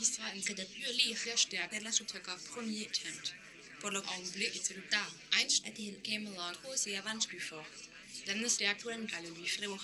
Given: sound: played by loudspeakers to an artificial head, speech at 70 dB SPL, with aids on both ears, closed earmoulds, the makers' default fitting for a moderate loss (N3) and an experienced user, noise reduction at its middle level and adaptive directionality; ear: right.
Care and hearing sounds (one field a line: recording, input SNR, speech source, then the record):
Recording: speech test signal (ISTS) in cocktail-party noise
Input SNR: +9 dB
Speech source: in front (0 degrees)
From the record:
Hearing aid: class 1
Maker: J